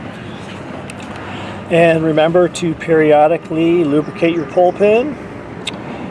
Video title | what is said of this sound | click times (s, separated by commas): Installation Video 2024-2025 Mazda CX-90 | push it till it clicks into place and there you go | 0.9 s